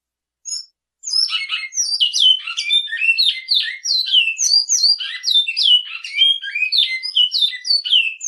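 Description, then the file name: Great-billed seed finch song begins after a short note and pause, then runs as a dense, lively warble of rising and falling whistled notes and quick chirps. "bicudo"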